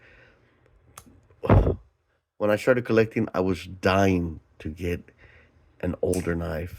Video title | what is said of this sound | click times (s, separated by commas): # Vintage # Winchester black box collection (up for Grabs) | Do you hear that snap? | 1.0 s